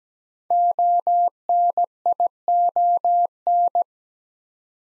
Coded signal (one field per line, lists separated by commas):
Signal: Morse code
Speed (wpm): 17 wpm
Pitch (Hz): 700 Hz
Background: none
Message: ONION